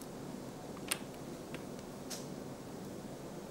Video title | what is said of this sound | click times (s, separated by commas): Connecting Cables, Pacing Leads and Heart Wires to Temporary Pacemakers | now the cables all connect the same way to the device you just want to be sure you always hear that click | 0.9 s